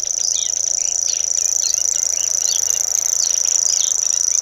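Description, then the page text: Common grasshopper warbler song: a constant, high, buzzing reel, with mixed twittering and short whistled notes from other birds in the background. Song, recorded at Bebertal, Germany, during a sound recording camp near Süplingen near Magdeburg, East Germany, in June 2008. "cgrasshw locustella naevia. Singwarte nature sound recording camp – Patrick Franke. Süplingen near Magdeburg, East-Germany"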